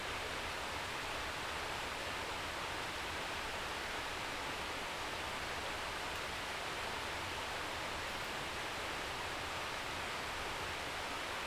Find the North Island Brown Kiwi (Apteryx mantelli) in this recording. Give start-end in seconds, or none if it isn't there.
none